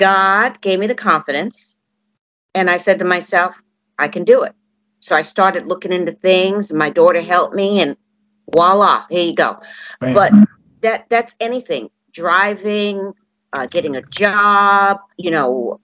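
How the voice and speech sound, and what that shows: A woman, a radio show host, speaks fluently in a clear, mid-pitched voice with natural pauses; ordinary conversational speech.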